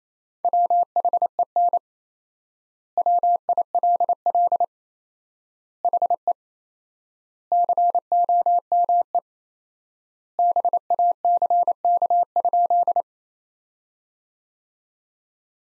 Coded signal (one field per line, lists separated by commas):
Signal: Morse code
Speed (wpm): 28 wpm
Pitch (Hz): 700 Hz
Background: none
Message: WHEN WILL HE COME BACK?